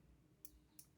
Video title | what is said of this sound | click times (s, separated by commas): How To Insert SD Card In TP Link Tapo C310 Camera | And then you need to like use the tip of your finger just to kind of push it in until it clicks in place | 0.4 s, 0.8 s